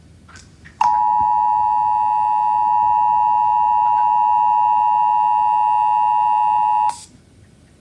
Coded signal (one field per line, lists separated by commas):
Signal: Emergency Alert System (SAME) tones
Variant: 853 and 960 Hz attention tone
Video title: CN EAS interruption during TTG.